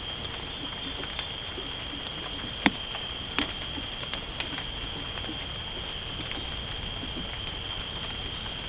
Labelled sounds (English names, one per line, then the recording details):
none
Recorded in dense forest near Puerto Asís, Putumayo, Colombia, on 13 March 2025 at 23:00
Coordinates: 0.467, -76.328
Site G041